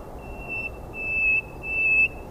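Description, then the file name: Common nightingale song: three long, pure, steady whistles on one high pitch, each swelling slightly, separated by short pauses. "Luscinia megarhynchos"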